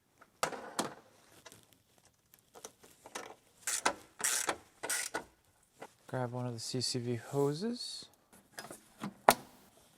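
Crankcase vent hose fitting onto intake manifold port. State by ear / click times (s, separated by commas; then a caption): seated / 9.3 s. A plastic crankcase ventilation hose fitting is pushed onto its port on the intake manifold of a manual X5. Someone talks amid short handling clicks and rattles. At 9.3 s a sharp, loud click marks the fitting seating on the port.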